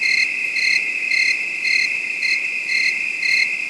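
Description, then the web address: Crickets chirping: a continuous high, shrill trill with regular pulsing bursts about every half second, steady and unbroken throughout. Crickets, ambient sound. "blackhawk ambience crickets"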